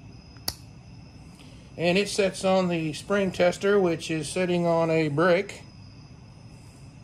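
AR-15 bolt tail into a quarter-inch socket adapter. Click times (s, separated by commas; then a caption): 0.5 s. The steel 0.250 tail of an AR-15 bolt is pushed into a quarter-inch socket adapter so the bolt's ejector spring can be tested on a spring tester, which sits on a brick resting on a rag. A single sharp snap at 0.5 s marks the tail seating in the adapter. Someone then talks from about 1.8 to 5.5 s over a quiet background.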